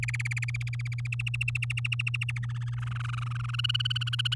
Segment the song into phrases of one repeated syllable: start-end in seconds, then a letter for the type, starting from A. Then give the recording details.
0.03-1.07 A, 1.12-2.46 B, 2.49-3.56 C, 3.58-4.35 D. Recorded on 8 May 2018 at 05:34. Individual llb16